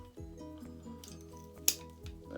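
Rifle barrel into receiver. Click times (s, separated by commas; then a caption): 1.7 s. While reassembling a Savage 64 .22 rifle, the barrel is worked around until it snaps into place in the receiver, giving one sharp, loud snap at 1.7 s over steady background music and a few faint knocks. The barrel is seated.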